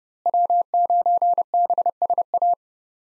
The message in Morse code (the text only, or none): W9BSA